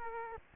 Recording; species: mosquito wingbeat signal from an infrared sensor; Culex quinquefasciatus